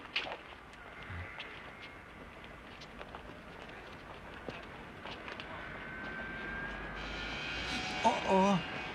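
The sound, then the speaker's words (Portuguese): A steady, low airplane engine roar with a broad hiss runs throughout outside at an airport, growing brighter and a little louder in the last couple of seconds, with faint scattered clicks on top. “Oh, aquilo lá fora é um avião.”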